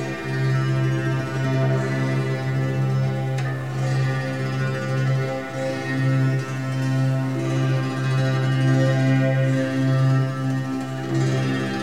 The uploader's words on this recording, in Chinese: 琴聲細語-核桃木撫心琴（C大調）。我現在也有自己的木製單音琴囉。